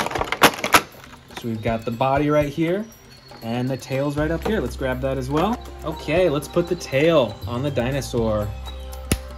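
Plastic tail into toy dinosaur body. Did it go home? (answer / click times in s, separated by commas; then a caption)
yes / 9.1 s. A plastic tail is pushed onto the body of a toy action-figure dinosaur while someone talks over background music. A few sharp plastic taps come at the start, and the tail clicks into place at 9.1 s, seating firmly.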